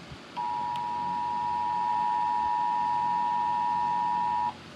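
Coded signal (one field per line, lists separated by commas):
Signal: Emergency Alert System (SAME) tones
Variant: 853 and 960 Hz attention tone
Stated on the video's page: Fictional EAS scenario alert tones.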